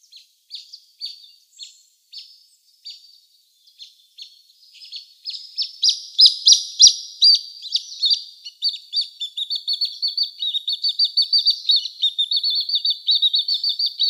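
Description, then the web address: Great Crested Grebe chicks calling with thin, high peeps, spaced at first, then building into fast, continuous runs of squeaky piping notes. Downy young. "Schulze Peter Great Crested Grebe downy Young"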